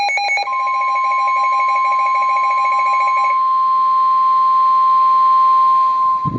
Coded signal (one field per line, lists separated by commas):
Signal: Emergency Alert System (SAME) tones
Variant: 1050 Hz attention tone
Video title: Special Marine Warning for Waterspouts (EAS #533)